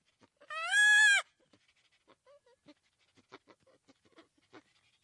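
Chimpanzee crying: one short, tonal, wavering cry lasting under a second, followed by faint scattered clicks and soft sounds.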